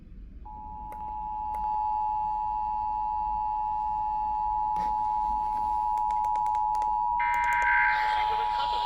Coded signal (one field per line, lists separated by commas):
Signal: Emergency Alert System (SAME) tones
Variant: 853 and 960 Hz attention tone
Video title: Eas svr on KUHF 88.7fm, Kacc 89.7fm and Kyaz 51.1 Eas#1150- 1152)